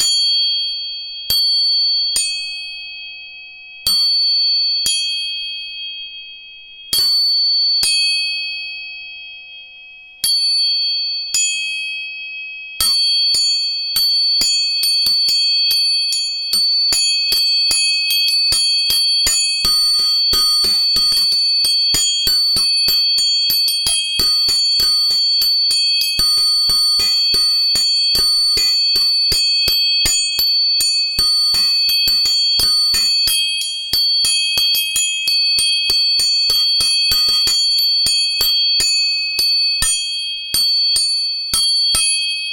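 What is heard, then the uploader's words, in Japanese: Tuning forks are struck, leaving clear, high metallic tones that ring and fade. For the first dozen seconds the strikes come singly, a few seconds apart; after that they turn rapid and dense, overlapping into a steady shimmering ring until the end. 音叉チューニング3本。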